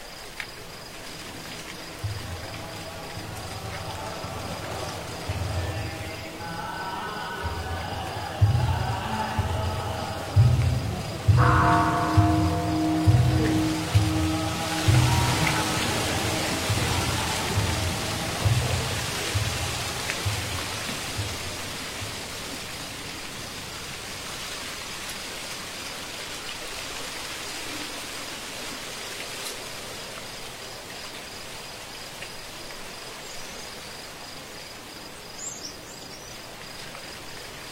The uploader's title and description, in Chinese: 月夜寺庙 木鱼声 夜读诵经 古寺钟声。月夜古寺 在夜晚虫鸣声中听钟声、木鱼和诵经